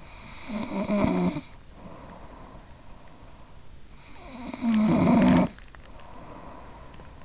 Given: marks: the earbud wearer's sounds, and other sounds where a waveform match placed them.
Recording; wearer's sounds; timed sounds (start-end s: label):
sounds in sleep by an in-ear microphone; snoring breath
0.00-3.32 s: snoring breath
4.06-6.92 s: snoring breath